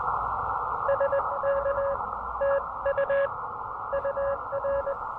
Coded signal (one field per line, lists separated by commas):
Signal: Morse code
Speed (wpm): 21 wpm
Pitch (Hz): 590 Hz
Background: none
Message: SK TU UR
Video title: QRP SOTA activation on Anderson Mountain with the Elecraft KX2 and some speaker wire!